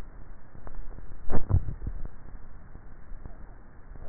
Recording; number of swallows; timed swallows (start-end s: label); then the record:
swallowing sounds by neck microphone; 1
1.38-2.18 s: swallow
From the record:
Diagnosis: dysphagia